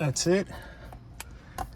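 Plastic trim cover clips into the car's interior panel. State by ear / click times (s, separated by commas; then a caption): seated / 0.9 s, 1.2 s, 1.6 s. Someone talks briefly, then the plastic dash/overhead trim cover around the dash cam in a Maserati Ghibli is pressed back into the car's interior panel. Its clips snap in with sharp clicks at 0.9, 1.2 and 1.6 seconds. The trim cover is seated.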